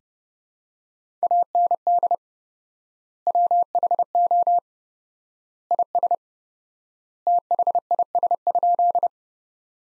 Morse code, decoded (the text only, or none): AND WHO IS THIS?